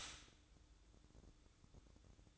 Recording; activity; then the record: daily activity, microphone in the room; stop toaster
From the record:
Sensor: 3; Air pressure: 1007.2 hPa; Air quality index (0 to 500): 54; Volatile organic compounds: 1 ppm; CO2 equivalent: 592 ppm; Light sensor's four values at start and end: 8/18/7/7 and 8/18/7/7